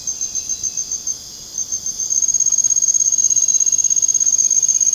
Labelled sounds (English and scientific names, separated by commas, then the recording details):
none
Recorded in dense forest near Puerto Asís, Putumayo, Colombia, on 23 June 2025 at 02:30
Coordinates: 0.486, -76.317
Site G065